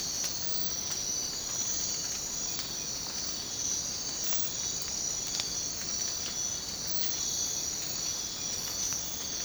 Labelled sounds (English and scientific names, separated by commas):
none